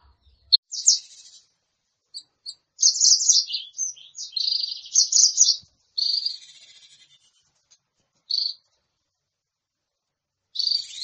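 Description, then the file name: Sunbird song in scratchy, high, buzzy twittering phrases separated by short silences. Sunbird sound used to lure birds. "suara burung madu untuk memancing bunyi"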